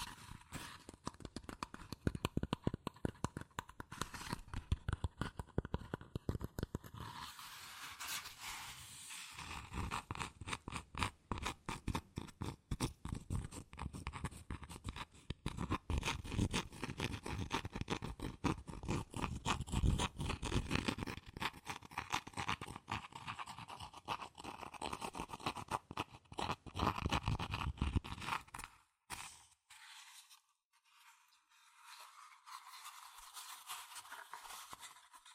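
Fast tapping, scratching and tracing on cardboard and paper, a dense run of quick crisp taps and scrapes lasting about 28 seconds, with brighter bursts near 8 seconds. Around 29 seconds it nearly stops, leaving only faint, thin scratches to the end.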